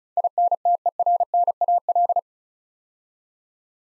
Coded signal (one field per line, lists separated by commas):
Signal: Morse code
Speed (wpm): 36 wpm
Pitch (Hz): 700 Hz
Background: none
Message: INTERNAL